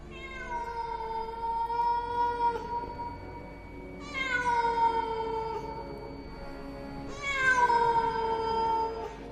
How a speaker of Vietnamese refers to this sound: Vừa mới chạy liền nghe thấy phía sau vang lên tiếng mèo, giống như tiếng trẻ con khóc nỉ non, hết đợt này đến đợt khác, tạo thành những âm thanh vô cùng đáng sợ.